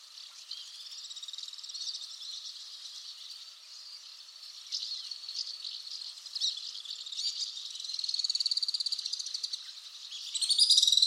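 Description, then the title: Alpine swift twittering: softer, rapid high trills with scattered sharp chirps, growing louder toward the end as a new bright trill bursts in. "Le chant du martinet à ventre blanc"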